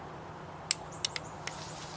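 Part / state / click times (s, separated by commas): cylinder bolt locking the cylinder in a revolver frame at full cock / seated / 0.7 s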